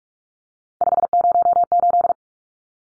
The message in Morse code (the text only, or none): 508